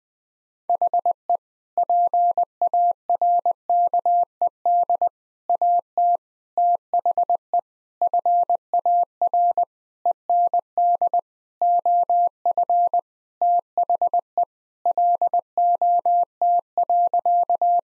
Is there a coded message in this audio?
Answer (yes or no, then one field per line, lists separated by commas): yes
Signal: Morse code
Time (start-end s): 0.7-17.8 s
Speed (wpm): 21 wpm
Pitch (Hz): 700 Hz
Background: none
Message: HE PARKED AT THE FAR END OF THE LOT.